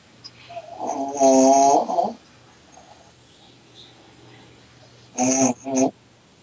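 Oshun, a sleeping male dog, snores in a quiet room: one long, buzzing, tonal snore lasting just over a second, then after a pause two short snorts close together. The snoring keeps coming back just when it seems to have stopped. These are ordinary sleep snoring sounds.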